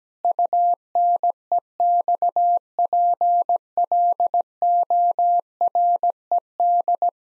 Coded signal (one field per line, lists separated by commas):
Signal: Morse code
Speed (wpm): 17 wpm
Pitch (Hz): 700 Hz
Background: none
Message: UNEXPLORED